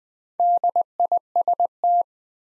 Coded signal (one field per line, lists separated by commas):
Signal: Morse code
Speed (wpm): 20 wpm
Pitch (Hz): 700 Hz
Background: none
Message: DIST